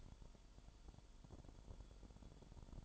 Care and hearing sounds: daily activity, microphone in the room; light on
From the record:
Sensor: 5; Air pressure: 1008.0 hPa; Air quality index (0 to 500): 105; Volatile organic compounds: 1 ppm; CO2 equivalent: 816 ppm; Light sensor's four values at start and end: 29/68/27/26 and 30/69/28/27

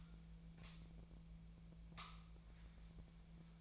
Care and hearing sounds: daily activity, microphone in the room; light on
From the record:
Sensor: 1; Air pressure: 1009.8 hPa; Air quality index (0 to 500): 191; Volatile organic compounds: 18 ppm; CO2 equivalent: 2613 ppm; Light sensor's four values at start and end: 34/86/36/43 and 45/130/53/60

